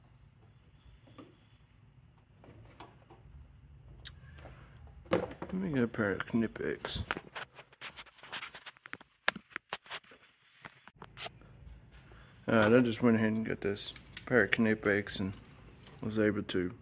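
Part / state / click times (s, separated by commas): T-tap connector clamped onto a truck lighting wire / seated / 9.3 s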